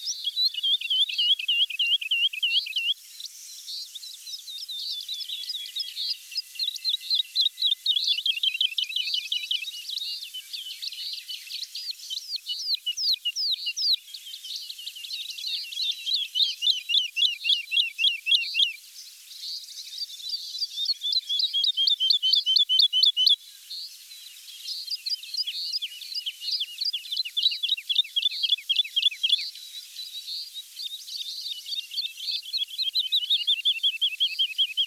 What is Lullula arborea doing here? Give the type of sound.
song